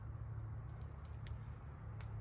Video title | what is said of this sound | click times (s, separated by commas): Common Car Problems: Troubleshooting Rotor Shaking & Scraping Sounds | It just snaps into place. | 1.3 s